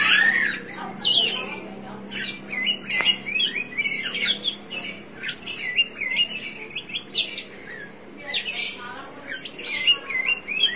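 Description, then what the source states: Oriental magpie-robin singing continuously: loud, varied whistles and scratchy notes in rapid bursts, with a single sharp click near the third second and low background hum. Chirping song of the kacer.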